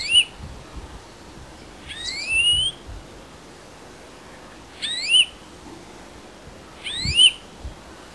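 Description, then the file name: European greenfinch calls: a rising, slightly wheezy whistled note repeated four times, roughly every two to three seconds, against a quiet background. "Chloris chloris"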